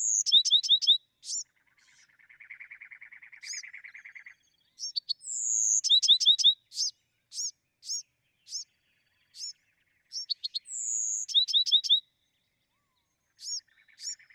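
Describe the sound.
Bewick's wren song: a high slurred whistle, then a quick run of sharp down-slurred notes, repeated at intervals, with a lower buzzy trill between phrases.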